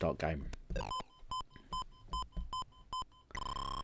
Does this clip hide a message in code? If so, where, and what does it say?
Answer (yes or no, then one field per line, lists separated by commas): no